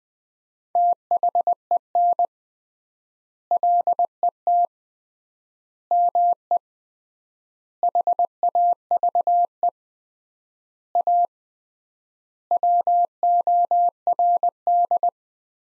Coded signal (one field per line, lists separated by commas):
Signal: Morse code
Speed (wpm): 20 wpm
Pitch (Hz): 700 Hz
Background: none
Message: THEN LET ME HAVE A WORD